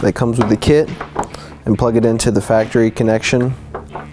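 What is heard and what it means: Someone talks while holding the plastic connector of an LED headlight ballast that comes with the kit, about to push it into the factory headlight plug of a 1999–2007 Super Duty truck. A few short, faint handling taps are heard near the end. Nothing has seated or clicked yet.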